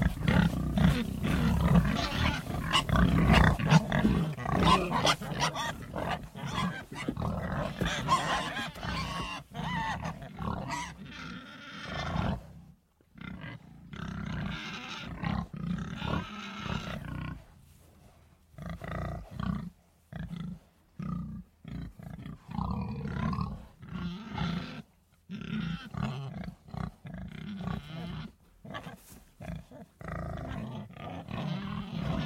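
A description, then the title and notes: Pig noises from toys and treats: deep, rough grunts and snorts, loud. For the first ten seconds they run together in a dense, rumbling stream, then break into shorter bursts separated by brief silences until the end. Unboxing the Delightful Sounds of Pig Toys and Treats.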